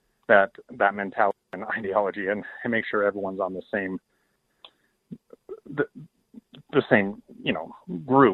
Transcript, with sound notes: that mentality and that ideology and make sure everyone’s on the same… [pause] …um…uh…the same…you know, group.